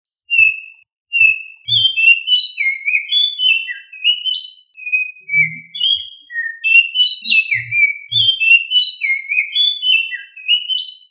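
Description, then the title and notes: Bird song, a continuous run of varied whistled and warbled phrases, with some notes sliding up and others sliding down, broken by a few soft low thumps. Bird songs from Indonesia. "Kumpulan Kicau Burung Indonesia"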